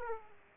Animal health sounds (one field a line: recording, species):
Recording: mosquito wingbeat signal from an infrared sensor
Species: Aedes aegypti